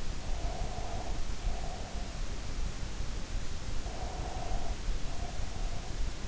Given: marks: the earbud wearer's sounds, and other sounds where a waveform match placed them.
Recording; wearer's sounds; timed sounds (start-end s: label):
sounds in sleep by an in-ear microphone; breath
0.35-2.14 s: breath
3.76-6.07 s: breath